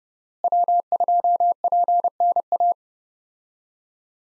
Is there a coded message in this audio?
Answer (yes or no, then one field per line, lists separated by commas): yes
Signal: Morse code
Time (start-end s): 0.4-2.7 s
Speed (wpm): 30 wpm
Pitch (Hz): 700 Hz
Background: none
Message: W2PNA